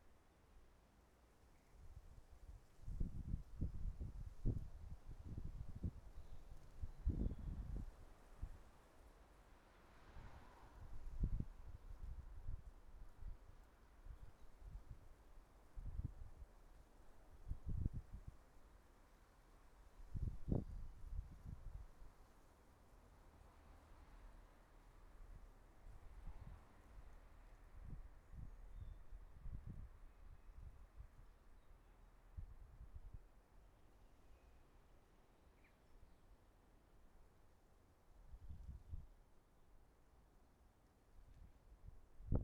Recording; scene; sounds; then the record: everyday scene through a hearing-aid microphone; wind on the microphone; wind, traffic, birds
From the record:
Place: suburban garden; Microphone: behind the ear, right, front